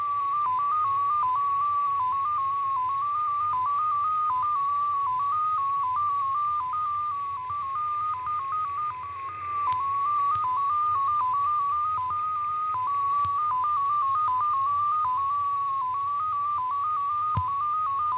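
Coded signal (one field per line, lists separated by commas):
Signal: numbers station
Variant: XPA2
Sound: a steady warbling tone hopping rapidly between a few nearby pitches, about eight steps a second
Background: radio static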